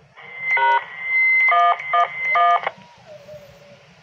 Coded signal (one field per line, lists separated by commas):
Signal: DTMF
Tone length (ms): 220 ms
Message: # 111